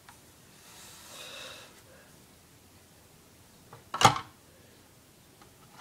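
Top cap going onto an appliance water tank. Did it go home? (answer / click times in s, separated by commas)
yes / 3.9 s, 4.0 s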